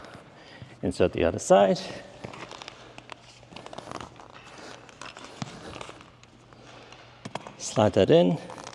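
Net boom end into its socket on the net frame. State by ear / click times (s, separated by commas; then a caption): not seated / none. Someone talks while the other end of the boom on a SwiftNet 2.1 portable sports net frame is slid toward its socket, with faint ticks and handling noise in between. Nothing has seated or clicked yet.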